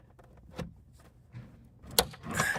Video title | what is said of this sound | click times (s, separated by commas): It Is Wall Installation Day... Finally! - Good Shepherd Baptist Church | snaps in place and then | 2.0 s